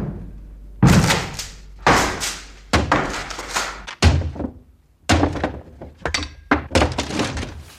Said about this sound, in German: Die unauffällige Holztür zur Werkstatt war verriegelt. Von innen. Wir klopften. Wir riefen. Und als keiner aufmachte, brachen wir die Tür auf.